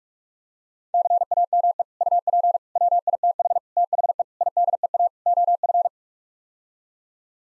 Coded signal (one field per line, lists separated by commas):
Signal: Morse code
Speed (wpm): 46 wpm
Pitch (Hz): 700 Hz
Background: none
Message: CAME UP WITH THE IDEA OF